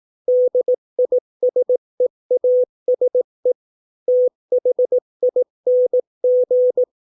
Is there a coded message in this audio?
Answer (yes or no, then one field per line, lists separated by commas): yes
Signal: Morse code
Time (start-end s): 0.3-6.8 s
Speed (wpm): 18 wpm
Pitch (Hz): 500 Hz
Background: none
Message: DISEASE THING